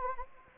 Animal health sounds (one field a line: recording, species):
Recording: mosquito wingbeat signal from an infrared sensor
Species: Anopheles gambiae